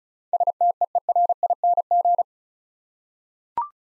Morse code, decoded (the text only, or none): STEERING